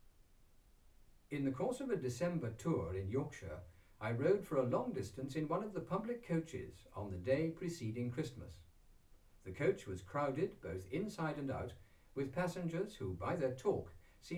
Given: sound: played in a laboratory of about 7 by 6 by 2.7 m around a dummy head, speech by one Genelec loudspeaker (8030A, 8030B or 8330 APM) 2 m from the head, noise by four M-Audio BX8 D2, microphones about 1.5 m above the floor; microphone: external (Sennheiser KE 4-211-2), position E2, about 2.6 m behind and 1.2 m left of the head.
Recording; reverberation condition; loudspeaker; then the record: male speech in English; low; 60 degrees to the right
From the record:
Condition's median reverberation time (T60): about 310 ms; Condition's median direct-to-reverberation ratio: about 3.5 dB